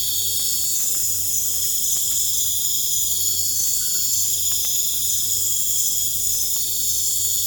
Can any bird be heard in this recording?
no